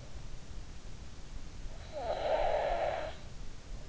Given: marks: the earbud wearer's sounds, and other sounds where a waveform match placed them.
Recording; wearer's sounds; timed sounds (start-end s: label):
sounds in sleep by an in-ear microphone; snoring breath
1.92-3.37 s: snoring breath